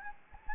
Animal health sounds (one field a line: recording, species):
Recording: mosquito wingbeat signal from an infrared sensor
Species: Anopheles gambiae